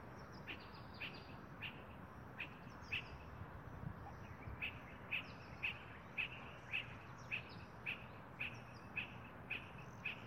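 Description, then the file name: Spot-flanked barbet sounding soft short notes, around two each second with one brief pause, against a low background rumble. "Tricholaema lacrymosa - Spot-flanked Barbet"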